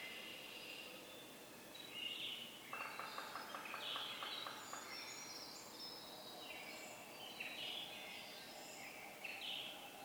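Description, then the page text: Yellow-bellied Sapsucker drumming, a quick roll of taps over about two seconds, set against several high whistles and chirps from other birds. A community of drummers on varied substrates, recorded from 15 minutes before sunrise, 6:22 to 6:50 a.m. (sunrise 6:37 a.m.), April 24, 2018, Atlanta, Michigan. "Yellow-bellied sapsucker: My favorite community of drummers, this one recorded beginning 15 minutes before sunrise and continuing well after."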